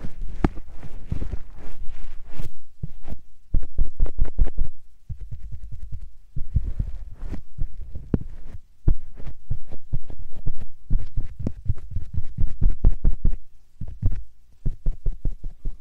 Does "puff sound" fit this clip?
yes